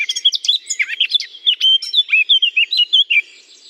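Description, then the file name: Eurasian blackcap song, quick chattery notes flowing into loud mellow whistles repeated rapidly, ending in a brief quiet tail. Singing in holly. "chant de fauvette a tete noire dans houx"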